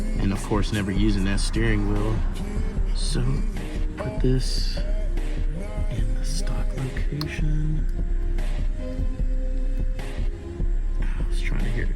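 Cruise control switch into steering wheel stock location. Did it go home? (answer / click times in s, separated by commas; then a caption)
no / none. A 350Z cruise control switch is pressed into its stock location on a G35 steering wheel while music plays and someone talks. No click is heard and nothing clicks into place, though the switch holds firm when pressed harder and tugged.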